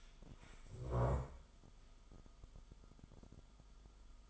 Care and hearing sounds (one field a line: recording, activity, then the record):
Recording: daily activity, microphone in the room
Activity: stand up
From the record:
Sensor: 5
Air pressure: 1005.1 hPa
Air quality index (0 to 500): 106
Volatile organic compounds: 2 ppm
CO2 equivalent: 1300 ppm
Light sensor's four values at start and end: 35/80/32/30 and 35/80/32/30